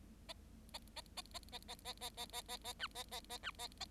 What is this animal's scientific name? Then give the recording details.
Lonchura striata domestica. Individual Bird7